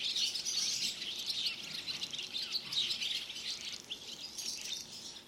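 Barn swallow giving dense twittering, high squeaky chirps packed tightly together, strongest at the start and easing slightly toward the end.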